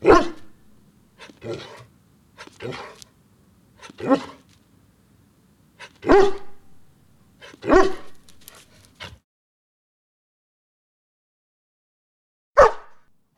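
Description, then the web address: Large dog giving a run of rough, deep barks roughly every one to two seconds, a low background hum, then silence before one final bark. "large dog barking"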